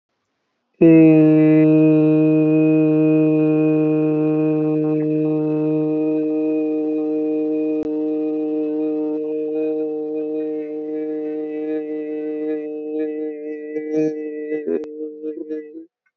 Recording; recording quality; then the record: sustained vowel as in made; moderate, slight background noise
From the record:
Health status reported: respiratory illness, not identified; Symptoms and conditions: asthma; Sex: male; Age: 21 years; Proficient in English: yes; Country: India